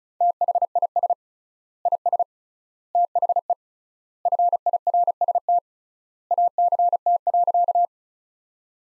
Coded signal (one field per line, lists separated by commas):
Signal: Morse code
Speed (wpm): 36 wpm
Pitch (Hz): 700 Hz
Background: none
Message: THIS IS THE FIRST ACT.